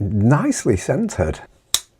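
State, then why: Seated. Someone talks, then the steel blade of a traditional slipjoint pocket knife is swung on its pivot into the handle and snaps into position under a strong back spring. A single sharp, loud snap is heard at 1.7 s, and the blade is seated in place.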